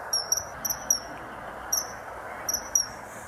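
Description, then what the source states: Common kingfisher contact calls: short, very high, piercing whistled notes, often paired, given in small clusters with pauses, over a steady hiss of background noise. A female and a male calling to each other, thought to be discussing which nesting burrow to use this year; the species is not a big noisemaker. Recording played on the radio.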